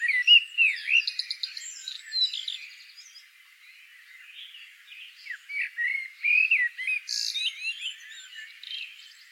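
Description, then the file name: Common blackbird delivering rapid warbled phrases with twittery high notes, a brief lull, then another sequence of sliding whistles and chatter. "Turdus merula"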